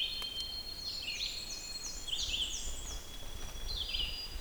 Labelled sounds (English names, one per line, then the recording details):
Red-eyed Vireo song
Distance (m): 35 m
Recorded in boreal forest in Alberta, Canada, on 6 June 2016 at 05:56
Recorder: SongMeter 3, array SBT-3-51
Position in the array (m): 37 m, 109 m